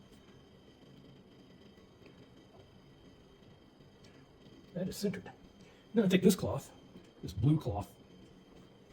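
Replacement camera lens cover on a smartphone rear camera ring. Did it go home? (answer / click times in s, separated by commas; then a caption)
no / none. A replacement glass lens cover is lined up and centered on a smartphone's rear camera ring, and a blue cloth is picked up before the cover is pushed home. After a quiet stretch of faint positioning noises, someone talks from about 4.8 seconds. Nothing has seated or clicked yet.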